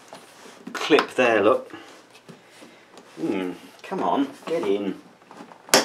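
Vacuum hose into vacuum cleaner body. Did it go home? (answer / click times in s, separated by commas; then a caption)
partly / 5.7 s. Someone talks while pushing the hose of a 1980s Hitachi Stowaway bagless vacuum cleaner back into its storage position in the vacuum cleaner body, with soft handling noises. A loud knock comes at 5.7 s, but the hose is bowing and has only partly seated, not in correctly.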